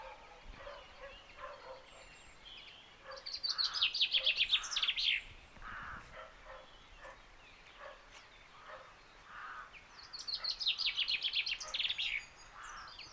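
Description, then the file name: Common chaffinch song: two bright, descending trilled phrases, over softer notes from other birds and a steady background hiss. "Fringilla coelebs"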